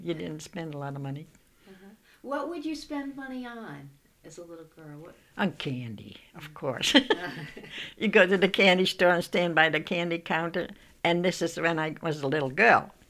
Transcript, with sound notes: You didn't spend a lot of money.
What would you spend money on, as a little girl?
On candy, of course. ( they laugh ) You go to the candy store and stand by the candy counter. And this was when I was a little girl.